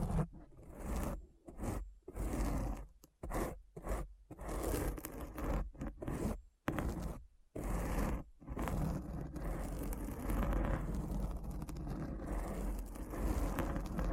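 Rough, close-miked scratching comes in short bursts broken by brief silences for the first eight seconds, roughly once or twice a second. After that it runs on without pause, a dense, rumbling scrape weighted toward the low end with a gritty, crackling top.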